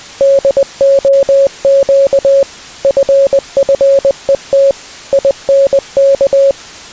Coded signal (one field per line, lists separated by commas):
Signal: Morse code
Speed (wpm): 20 wpm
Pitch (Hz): 550 Hz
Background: music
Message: DOQ FFET INK